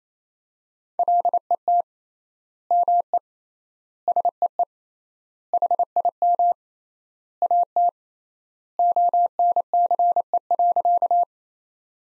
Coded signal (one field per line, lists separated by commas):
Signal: Morse code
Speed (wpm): 28 wpm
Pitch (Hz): 700 Hz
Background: none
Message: LET ME SEE HIM AT ONCE.